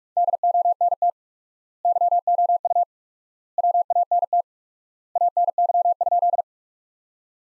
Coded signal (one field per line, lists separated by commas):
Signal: Morse code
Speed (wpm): 47 wpm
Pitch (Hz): 700 Hz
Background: none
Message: DONT YOU WANT ANY?